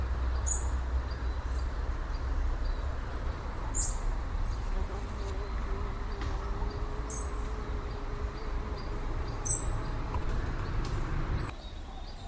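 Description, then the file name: Common blackbird uttering short, high, thin call notes spaced a few seconds apart above a heavy low rumble, with a faint steady tone in the middle. "Turdus merula"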